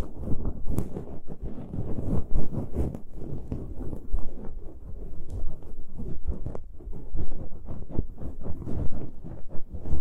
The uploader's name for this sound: pure ear picking, heartbeat simulation